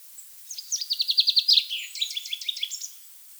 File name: Fringilla coelebs